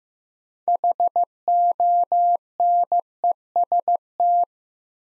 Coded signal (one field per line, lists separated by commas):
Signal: Morse code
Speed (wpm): 15 wpm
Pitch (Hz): 700 Hz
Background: none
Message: HONEST